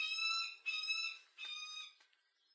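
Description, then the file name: Peregrine falcon calling: three harsh, drawn-out nasal cries with strong harmonics. "sokolwedrowny"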